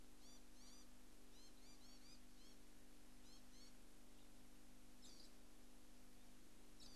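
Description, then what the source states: Scaly-breasted lorikeet calls: short, shrill chirping notes in quick clusters, then a pause and two harsher bursts, over a steady low hum. Recorded at Pikedale.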